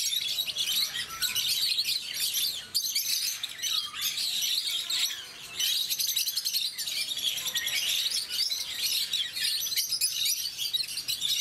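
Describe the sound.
Rosy-faced lovebird chatter, a busy unbroken mass of high, harsh chirps and twitters.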